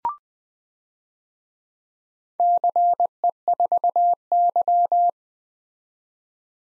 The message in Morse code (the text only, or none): CE4Y